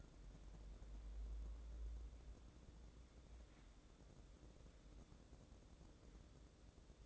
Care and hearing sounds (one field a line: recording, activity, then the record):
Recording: daily activity, microphone in the room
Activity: wipe stove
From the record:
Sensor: 3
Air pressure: 1012.3 hPa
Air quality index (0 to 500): 177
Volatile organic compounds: 3 ppm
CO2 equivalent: 1356 ppm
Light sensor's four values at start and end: 584/1452/600/615 and 584/1451/600/614